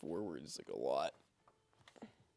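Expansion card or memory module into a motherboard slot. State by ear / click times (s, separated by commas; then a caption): not seated / none. Someone talks while pushing a PC component, probably the graphics card, firmly forwards into its motherboard PCIe slot. After the talk, only a few faint, short knocks come near 1.9–2.0 s. No latch click is heard and nothing has clicked into place, though the card feels fully seated.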